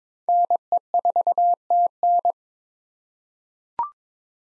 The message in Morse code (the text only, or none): NE4TN